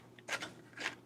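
A 1911-style pistol is pushed into a rigid carbon fiber/polymer concealed holster, with a faint tick near 0.2 s and a brief scraping rub around 0.3 to 0.45 s as it slides in. A sharp, bright click at 0.9 s marks the retention engaging, and the pistol is seated in the holster.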